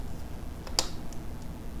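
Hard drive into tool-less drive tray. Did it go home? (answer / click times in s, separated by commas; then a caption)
yes / 0.8 s. The second side of a tool-less plastic drive tray with rubber notches is pressed onto a hard drive. A single sharp snap is heard at 0.8 s, with a few faint ticks around it against a low background hum. The tray side snaps into place, and the drive is seated in the tray.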